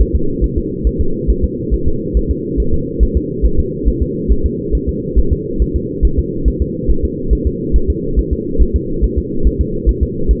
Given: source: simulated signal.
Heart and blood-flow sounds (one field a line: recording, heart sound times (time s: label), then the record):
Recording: fetal heart sounds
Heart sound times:
0.01 s: S1
0.15 s: S2
0.44 s: S1
0.58 s: S2
0.87 s: S1
1.01 s: S2
1.30 s: S1
1.44 s: S2
1.74 s: S1
1.88 s: S2
2.17 s: S1
2.31 s: S2
2.60 s: S1
2.74 s: S2
3.03 s: S1
3.17 s: S2
3.45 s: S1
3.59 s: S2
3.88 s: S1
4.02 s: S2
4.31 s: S1
4.46 s: S2
4.75 s: S1
4.89 s: S2
5.19 s: S1
5.33 s: S2
5.62 s: S1
5.76 s: S2
6.05 s: S1
6.19 s: S2
6.48 s: S1
6.62 s: S2
6.90 s: S1
7.04 s: S2
7.33 s: S1
7.47 s: S2
7.76 s: S1
7.90 s: S2
8.19 s: S1
8.33 s: S2
8.62 s: S1
8.76 s: S2
9.04 s: S1
9.18 s: S2
9.47 s: S1
9.61 s: S2
9.89 s: S1
10.03 s: S2
10.31 s: S1
From the record:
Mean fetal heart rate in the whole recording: 140 bpm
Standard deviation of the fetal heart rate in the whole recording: 2 bpm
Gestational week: 34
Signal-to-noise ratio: -8.1 dB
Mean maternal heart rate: 72 bpm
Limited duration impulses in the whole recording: absent